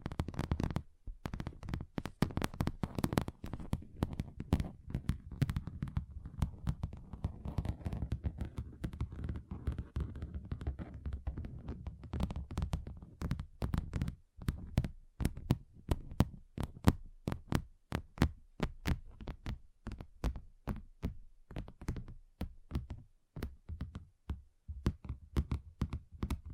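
Tapping on a table, a steady stream of sharp knocks with a dull, thumpy low body and brief bright clicks. The taps come quickly and fairly regularly for the first half, then turn sparser and more uneven, with some louder, crisper strikes later on.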